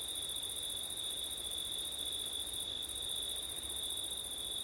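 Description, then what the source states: Steady, dense cricket chorus on two high layers, the upper one briefly fading near the middle. September night, with wind; ortif recording.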